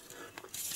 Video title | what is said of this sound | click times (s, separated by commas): MESSERSCHMITT Me262 Hobby Boss 1/48 scale model kit - how to make it! | And you can hear that click. This properly clicks into place. | 0.4 s